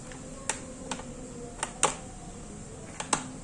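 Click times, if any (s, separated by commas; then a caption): 1.8 s, 3.1 s. The plastic lid of a vacuum sealer is pressed down on its left and right sides onto the base, producing a few light taps and two sharp clicks at 1.8 s and 3.1 s as each side latch snaps shut. The lid is now locked.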